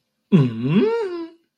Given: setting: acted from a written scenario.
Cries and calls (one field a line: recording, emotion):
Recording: vocal sound without words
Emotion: confusion